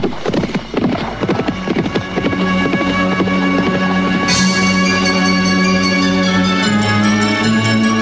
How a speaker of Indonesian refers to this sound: Ayolah, kita percepat kuda kita. Hea!